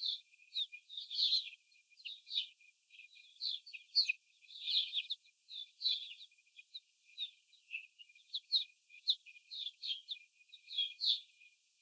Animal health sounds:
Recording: young laying hens in a cage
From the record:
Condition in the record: after the stressor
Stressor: simulated dog barking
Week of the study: 4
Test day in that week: 3

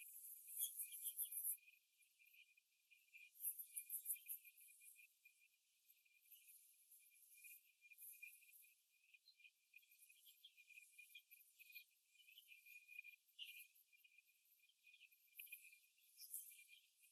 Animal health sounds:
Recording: young laying hens in a cage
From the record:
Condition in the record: after the stressor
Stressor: simulated dog barking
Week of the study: 2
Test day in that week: 2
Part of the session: 4

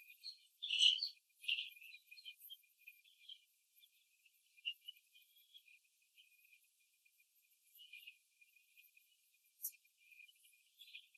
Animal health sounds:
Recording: young laying hens in a cage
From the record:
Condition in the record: after the stressor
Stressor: simulated dog barking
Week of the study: 3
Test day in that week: 1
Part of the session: 2

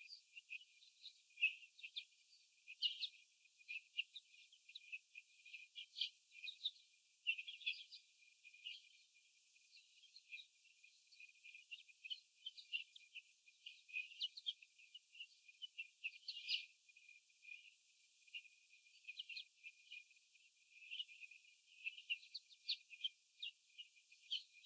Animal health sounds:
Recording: young laying hens in a cage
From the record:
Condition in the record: after the stressor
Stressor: sudden umbrella opening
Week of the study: 3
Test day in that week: 2

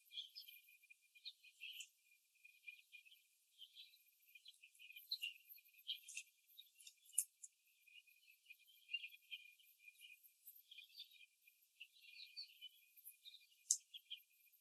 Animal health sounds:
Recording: young laying hens in a cage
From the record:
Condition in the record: before the stressor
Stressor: simulated dog barking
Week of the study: 2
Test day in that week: 3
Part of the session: 2

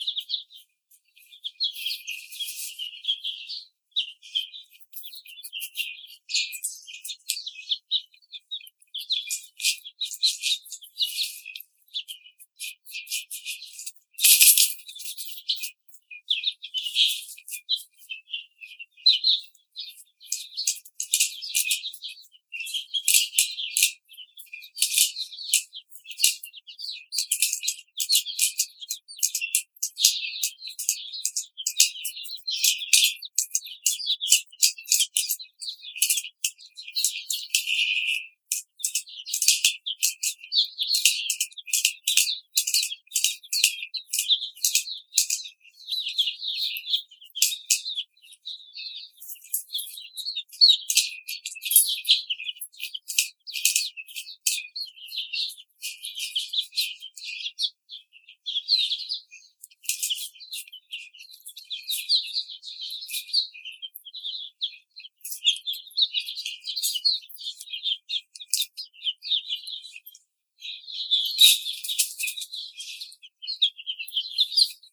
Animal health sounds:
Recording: young laying hens in a cage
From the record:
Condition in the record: treatment cage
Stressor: simulated dog barking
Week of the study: 5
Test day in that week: 1

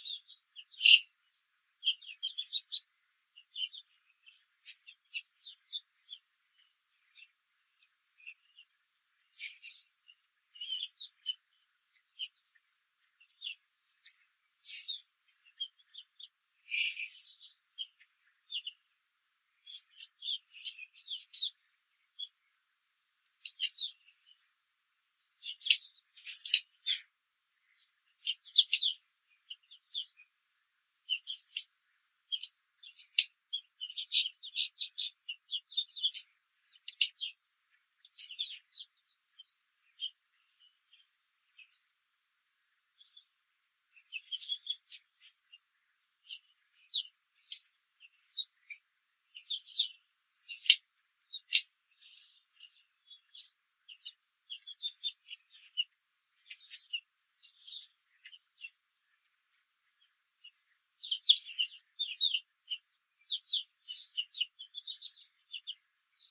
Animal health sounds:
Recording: young laying hens in a cage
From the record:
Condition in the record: control cage, after the stress test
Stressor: none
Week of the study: 4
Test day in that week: 1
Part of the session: 2

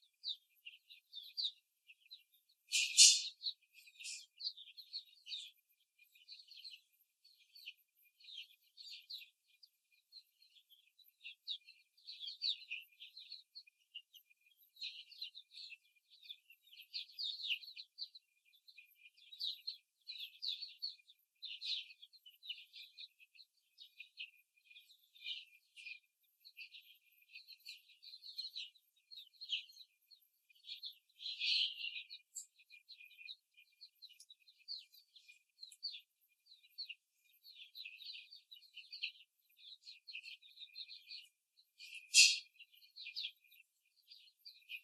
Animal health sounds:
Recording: young laying hens in a cage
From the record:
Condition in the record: after the stressor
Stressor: simulated dog barking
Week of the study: 3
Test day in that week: 2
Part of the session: 1

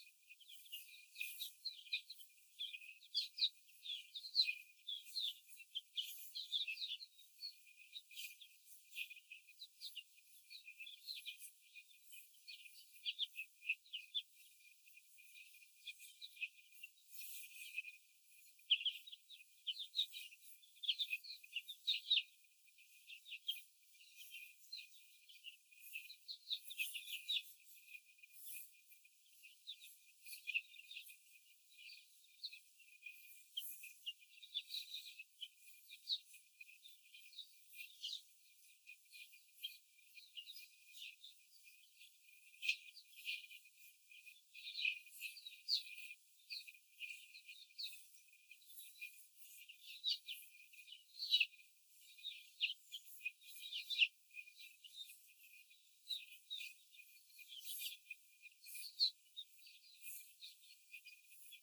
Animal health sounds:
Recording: young laying hens in a cage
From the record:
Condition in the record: before the stressor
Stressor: simulated dog barking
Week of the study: 4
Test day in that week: 1

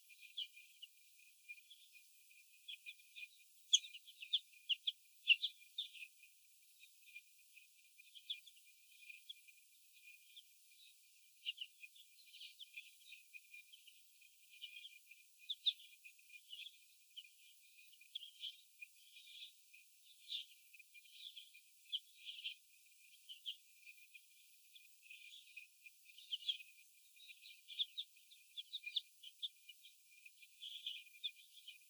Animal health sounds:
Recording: young laying hens in a cage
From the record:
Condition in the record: before the stressor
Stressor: sudden umbrella opening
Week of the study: 2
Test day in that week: 1

